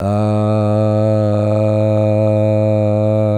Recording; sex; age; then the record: sustained vowel /a/; male; 80 to 89 years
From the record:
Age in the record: 80 years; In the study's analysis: included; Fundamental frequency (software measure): 106 Hz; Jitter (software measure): 0.33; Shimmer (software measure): 1.38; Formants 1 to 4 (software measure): 662 Hz, 1510 Hz, 2676 Hz, 3834 Hz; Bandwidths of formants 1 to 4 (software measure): 65 Hz, 186 Hz, 202 Hz, 271 Hz